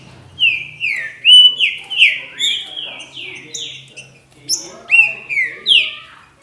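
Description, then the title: Green-winged saltator song: a series of clear, falling whistles, a short quieter spell, then several more. "Trinca Ferro"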